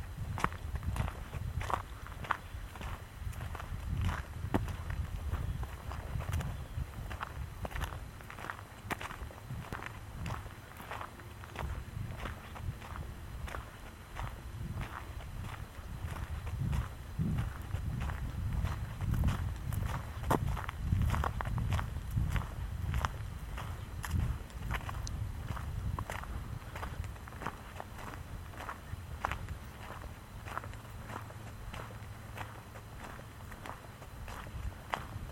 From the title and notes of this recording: Walk in Pennsylvania. A walk in Michaux State Forest.